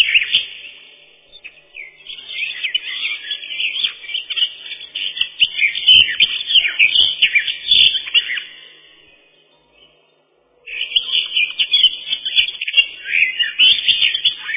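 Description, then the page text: Eurasian blackcap song: a long bout of rich, jumbled warbling that fades out, roughly a second of silence, then a fresh burst of quick varied notes. "Славка-черноголовка — Sylvia atricapilla"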